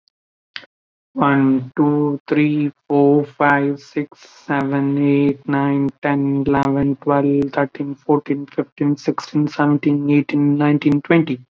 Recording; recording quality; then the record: counting at a normal pace; excellent, no background noise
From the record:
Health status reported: COVID-19 positive, mild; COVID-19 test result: positive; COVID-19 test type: RT-PCR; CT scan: not taken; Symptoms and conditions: cold, sore throat, fever, hypertension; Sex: male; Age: 24 years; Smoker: no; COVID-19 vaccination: both doses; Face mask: not worn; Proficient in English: yes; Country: India